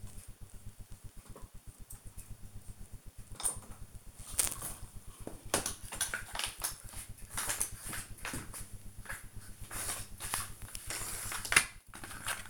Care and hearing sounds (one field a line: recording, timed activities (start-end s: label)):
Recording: household activities, microphone on the right wrist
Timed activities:
2.79-12.50 s: doing a puzzle